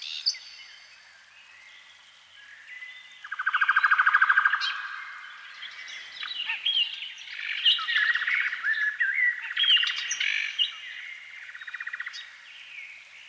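Canary song opening with soft chirps, then a loud buzzy roll, followed by varied warbling and repeated trills.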